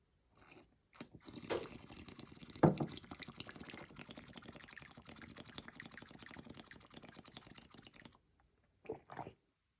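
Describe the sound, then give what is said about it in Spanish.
Someone drinks water in a long, steady stretch of wet gulping and swallowing, with a sharper knock early on, then a pause and two brief final sips. “Ay, no puede ser esta weá tan rica que es tomar agua.”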